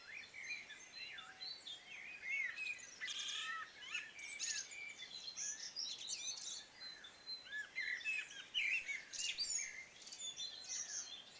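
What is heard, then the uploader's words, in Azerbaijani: Early birds sing at dawn in early summer, several voices overlapping in a dense, continuous chorus. Bright chirps, trills and quick whistles tumble over one another without pause, some sharp, others softer, over a quiet, low background hush. Sübh Quşları (Early birds). Şəfəqin yeni ağarmağa başladığı saatlar. Yay əvvəlləri. Iyun ayı.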